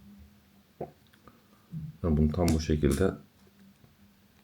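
A DJI Osmo action camera is handled into its helmet mount adapter for a flip-up (modular) helmet, with a few short knocks around 0.8 s and 1.3 s before someone talks from about 1.7 s to 3.3 s. The camera has not seated or clicked into the adapter yet.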